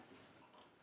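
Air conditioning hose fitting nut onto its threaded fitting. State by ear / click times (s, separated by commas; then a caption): not seated / none. An air conditioning hose fitting nut on a Vintage Air SureFit Gen IV system in a 1975 Pontiac Firebird is started by hand onto its threaded fitting so it does not cross-thread. Only steady, low-level handling noise is heard, with no sharp peaks. Nothing has seated or clicked yet.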